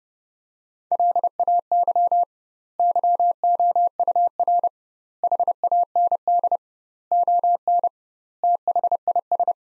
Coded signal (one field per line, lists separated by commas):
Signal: Morse code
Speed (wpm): 30 wpm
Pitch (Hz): 700 Hz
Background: none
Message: LAY YOUR HAND ON THIS